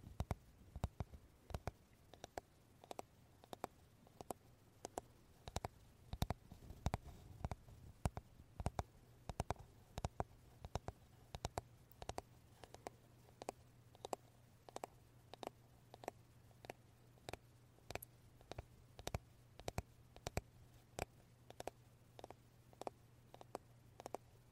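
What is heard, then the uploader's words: A wooden brush is tapped and touched in a steady run of sharp, crisp clicks, roughly two or three per second for the full 25 seconds, some noticeably louder than others. A low, even hum sits underneath throughout. Wooden brush tapping , touching sound.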